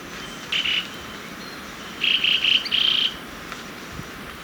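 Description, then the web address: Bronze-green euphonia calls: brief buzzy rattles, one short burst followed by a quick series of three or four, high-pitched over faint hiss. Ecuador. "Natures Songs S America Birds of Ecuador Bronze-Green Euphonia"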